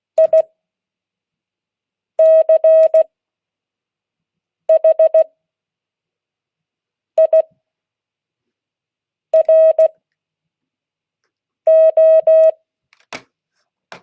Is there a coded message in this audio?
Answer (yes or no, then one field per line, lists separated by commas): yes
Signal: Morse code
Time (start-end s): 0.2-12.5 s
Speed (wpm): 16 wpm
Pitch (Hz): 640 Hz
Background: none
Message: ICHIRO